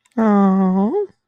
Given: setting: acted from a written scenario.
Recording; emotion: vocal sound without words; positive surprise